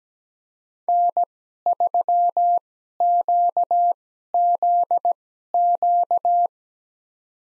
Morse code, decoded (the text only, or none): N3QZQ